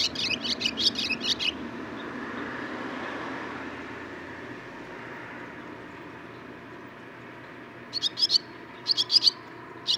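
Barn swallow song in two short bursts of rapid, scratchy twittering notes, one at the start and another near the end, with a quiet stretch between them.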